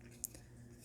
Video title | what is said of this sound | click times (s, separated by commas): Anakin Skywalker's Jedi Starfighter from Jazwares | cover. It is very stiff which is good because you don't want it and it clicks in place. | 0.2 s